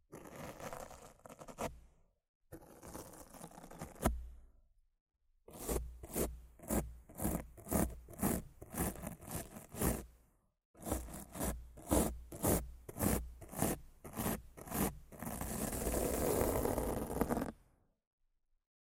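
Rough scratching and brushing on a mic in rhythmic strokes, silent gaps between bursts, ending in a denser, steadier rub around fifteen seconds.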